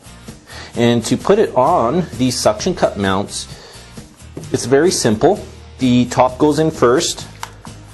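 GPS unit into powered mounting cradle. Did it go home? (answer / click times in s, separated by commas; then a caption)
yes / 7.4 s. A Garmin nuvi 2797 GPS unit is fitted into its powered plastic mounting cradle on a suction cup mount, top edge first, then the bottom pressed in, while someone talks. A sharp click at 7.4 s marks the bottom seating, and the unit is held in the cradle.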